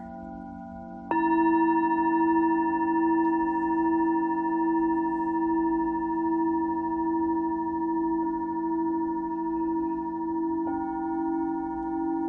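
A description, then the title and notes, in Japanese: A singing bowl is struck just after the first second, and its bright, layered ring swells in and then holds, slowly pulsing as it sustains. A low hum sits underneath throughout, and near the tenth second a second touch freshens the tone. メキシコから おやすみシンギングボウルのサウンドヒーリング。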